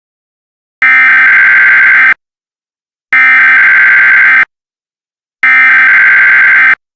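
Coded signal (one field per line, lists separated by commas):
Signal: Emergency Alert System (SAME) tones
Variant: header bursts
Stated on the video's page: Fictional EAS scenario.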